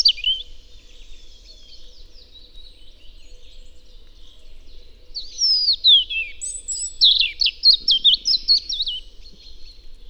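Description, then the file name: European robin song: a high, thin warbled phrase at the start, then after a pause a longer run of tumbling, fast twittering notes. "Erithacus rubecula"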